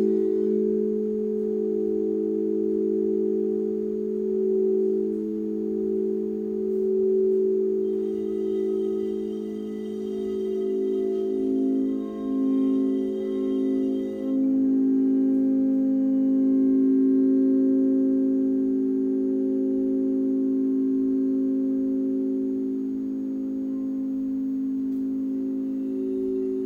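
A sound bath of sustained singing-bowl tones, layered low pitches humming steadily for the whole stretch with a slow beating wobble. From about eight to fourteen seconds a brighter, shimmering ring rises above them, then fades, leaving the steady drone.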